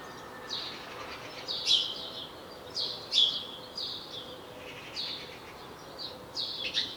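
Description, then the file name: House sparrow chirps, softer and irregularly spaced, short bright notes scattered throughout over background hiss. "Passer domesticus"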